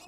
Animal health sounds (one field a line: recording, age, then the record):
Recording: pig call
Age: piglet (1 to 25 days)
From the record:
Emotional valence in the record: negative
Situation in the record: long isolation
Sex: female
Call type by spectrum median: high-frequency call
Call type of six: high-frequency stable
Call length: 0.07 s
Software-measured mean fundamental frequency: 249 Hz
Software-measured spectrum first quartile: 681 Hz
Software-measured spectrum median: 2483 Hz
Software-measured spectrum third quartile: 4844 Hz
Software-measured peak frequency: 707 Hz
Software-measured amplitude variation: 26 dB a second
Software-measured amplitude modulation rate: 6.7 a second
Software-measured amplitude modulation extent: 4.0 dB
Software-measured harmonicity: 3.0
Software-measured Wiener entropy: -1.92